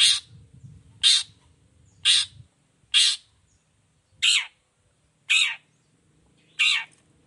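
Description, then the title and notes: Long-tailed shrike repeating loud, rasping notes about once a second, the later ones dropping in pitch; low rumbling noise at the start. Morning; vigorous 'gacor' singing with a clear voice, varied sounds and 'toet toet' notes, said to be easy for any cendet to imitate. "Cendet Gacor Dor Di Kala Pagi Toet Toet Variasi Suara. Cendet Gacor Suara Jernih Full Variasi. Burung cendet"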